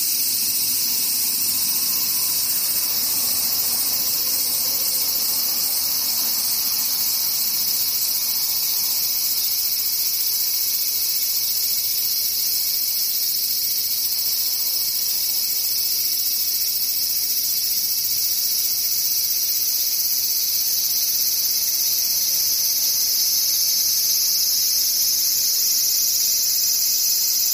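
Cicadas drone without pause for the whole clip, a dense, bright, shrill buzz that holds steady from start to finish. Fainter pulsing layers ripple underneath the main whine, and a soft low rumble sits beneath everything.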